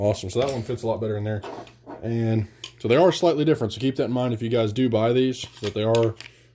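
A fixed-blade knife from an Ozark Trail wood-handled set is handled near its molded plastic sheath while someone talks throughout. The knife has not yet snapped into the sheath's retention, and nothing has seated or clicked yet.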